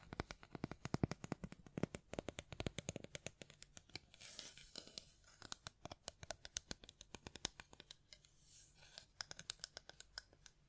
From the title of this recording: Tapping, Scratching, Mic Brushing, Hand Sounds